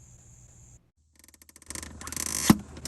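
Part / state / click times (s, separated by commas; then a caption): fuel filter element into plastic filter housing / seated / 1.7 s. A new fuel filter element with a lubricated O-ring is pushed into the plastic filter housing of a 2016 Ram 3500 Dually, after being fed in sideways under the brake fluid reservoir and turned upright. After a faint hiss and a brief silence, light ticks lead to a sharp snap at 1.7 s as the filter seats in place. Scraping handling noise and a louder knock near 2.5 s follow.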